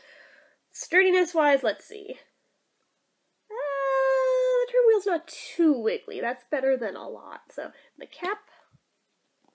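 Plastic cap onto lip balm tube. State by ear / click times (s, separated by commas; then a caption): not seated / none. Someone talks while handling the small plastic cap of a Lipsessed Cotton Tail Cotton Candy lip balm tube, working it back toward the tube to test how sturdy the somewhat flimsy cap is. Nothing has seated or clicked yet; the cap is not yet home when the clip ends.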